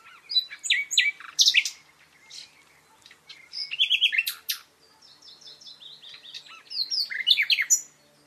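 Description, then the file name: Common nightingale song: several varied phrases of rapid repeated notes, buzzy trills and whistled slurs, each burst separated by short gaps. "Luscinia megarhynchos"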